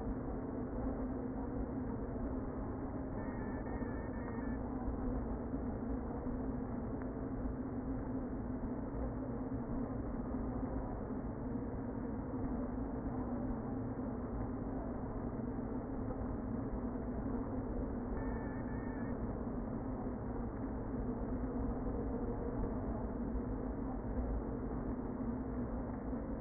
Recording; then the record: honeybee colony, microphone inside the hive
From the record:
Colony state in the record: queen present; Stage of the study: before two queens were removed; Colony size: about 60,000 bees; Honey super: yes